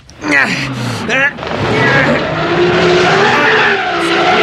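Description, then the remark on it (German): A car stuck in the middle of the tropical rainforest is given gas: its engine revs hard while its wheels spin and churn in mud, a loud, steady grinding whine that rises in pitch at first and then holds for several seconds. “Die Räder stecken im Schlamm fest.”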